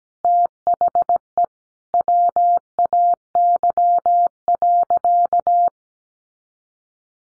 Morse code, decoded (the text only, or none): THE WAY.